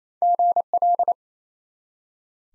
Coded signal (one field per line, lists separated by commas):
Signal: Morse code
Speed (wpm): 28 wpm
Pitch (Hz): 700 Hz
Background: none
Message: GL